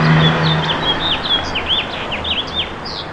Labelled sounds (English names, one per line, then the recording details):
House Finch song
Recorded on Long Island, New York, on 8 May 2012
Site VS
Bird D